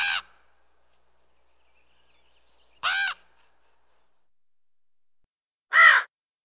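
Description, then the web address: Raven calls: three separate hoarse caws a few seconds apart, the last one louder. "bird raven other birds in bg"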